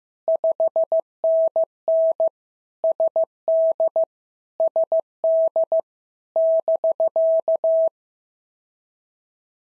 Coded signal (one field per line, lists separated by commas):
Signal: Morse code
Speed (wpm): 15 wpm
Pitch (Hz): 650 Hz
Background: none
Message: 5NN SD SD <BK>